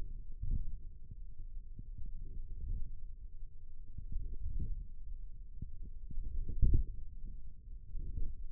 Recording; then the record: forearm muscle sounds (acoustic myography)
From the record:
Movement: index flexion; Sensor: system 1, eight BSWA MPA416 microphones around the upper forearm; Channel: 3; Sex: male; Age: 28 years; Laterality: right